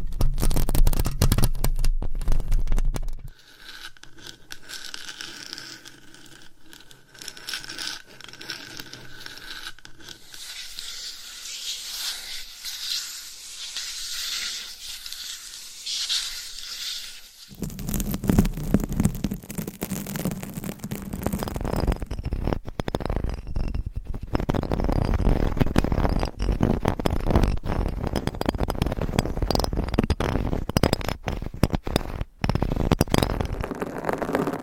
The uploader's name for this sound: Nails Mic Scratching